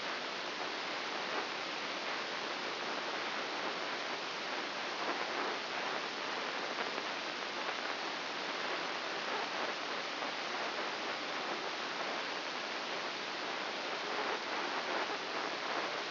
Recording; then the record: brain microelectrode recording played as sound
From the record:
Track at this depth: inside the subthalamic nucleus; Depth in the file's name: 3.801 mm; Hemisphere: right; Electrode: 2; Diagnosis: Parkinson's disease